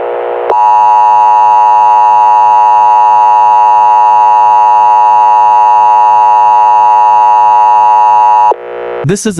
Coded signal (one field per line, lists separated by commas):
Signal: Emergency Alert System (SAME) tones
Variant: 853 and 960 Hz attention tone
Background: speech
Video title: EAS scenario copywriter situation